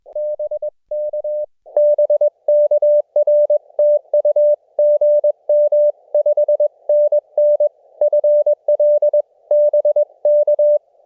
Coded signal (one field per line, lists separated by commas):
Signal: Morse code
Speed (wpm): 20 wpm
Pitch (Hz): 600 Hz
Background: none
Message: BK BK R TU GM 5NN FL BK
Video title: EFHW MIGHT be an Acceptable POTA Antenna Now - 5/8/23 @ K-4451